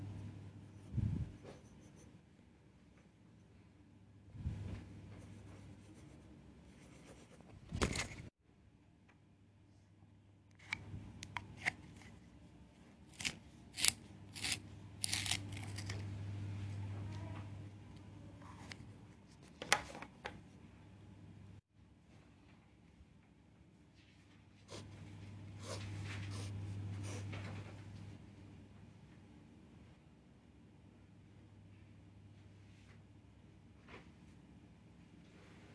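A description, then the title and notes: Scribbling and page turning, with bursts of quick scratchy pen strokes and sharp papery rustles scattered throughout, the loudest around 8 seconds and between 13 and 20 seconds. A low steady hum swells and fades underneath, strongest near 16 and 27 seconds. 45 minutes study session (with pencil ASMR and NO music). This is a 45 minutes study session with scribbling and page turning ASMR.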